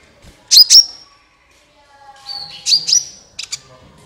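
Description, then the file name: Van Hasselt's sunbird chirps: two sharp, high doublets, each trailing into a thin level whistle, followed by softer ticks. "suara kolibri ninja"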